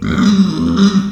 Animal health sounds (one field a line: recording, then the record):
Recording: squeal of a Yucatan mini pig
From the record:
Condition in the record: after surgery on the right vocal fold (resection and tissue-engineered implant)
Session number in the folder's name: 13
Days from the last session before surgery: 113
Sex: female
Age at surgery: 19 weeks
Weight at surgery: 25 kg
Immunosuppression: prednisolone